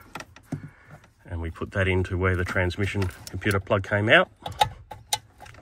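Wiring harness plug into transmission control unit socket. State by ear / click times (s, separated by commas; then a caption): seated / 5.1 s. The lockup-mate MX lockup kit harness plug on an Isuzu D-MAX/MU-X or Mazda BT50 is pushed into the transmission computer socket the factory plug came out of, while someone talks. Small handling clicks are followed by a sharp click at 5.1 s as the plug seats.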